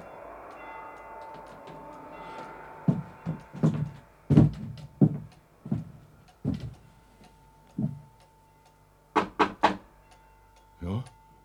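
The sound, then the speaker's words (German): A series of sharp knocks on a door, struck in short irregular bursts of two or three raps with brief pauses between. The knocks are fairly loud, thudding and solid, over a quiet background. “So ein Klopfer ist bei mir nicht der Brauch.”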